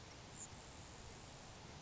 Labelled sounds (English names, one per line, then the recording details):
Grasshopper Sparrow
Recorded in Sonoma County, California